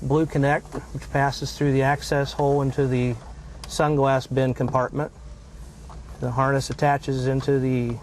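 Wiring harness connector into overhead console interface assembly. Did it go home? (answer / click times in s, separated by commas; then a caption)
no / none. Someone talks while handling the main BlueConnect wiring harness connector, which passes through the access hole into the sunglass bin compartment, as it is brought to the overhead console interface assembly. A steady low hum sits under the voice, with no sharp transients. The connector has not seated or clicked yet.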